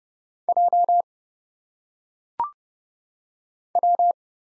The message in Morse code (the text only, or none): J W